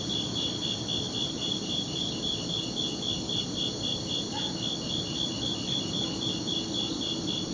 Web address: crickets forest night sounds with dogs barking